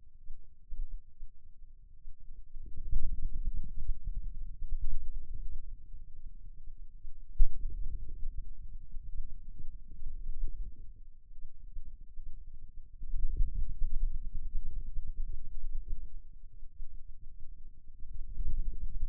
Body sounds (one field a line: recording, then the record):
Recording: forearm muscle sounds (acoustic myography)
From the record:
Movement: wrist flexion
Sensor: system 2, bracelet of six BSWA MPA416 microphones around the upper forearm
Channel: 1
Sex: male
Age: 22 years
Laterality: right